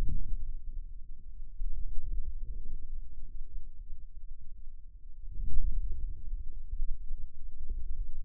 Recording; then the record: forearm muscle sounds (acoustic myography)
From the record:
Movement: outward rotation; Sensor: system 2, bracelet of six BSWA MPA416 microphones around the upper forearm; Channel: 1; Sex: male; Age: 22 years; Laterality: right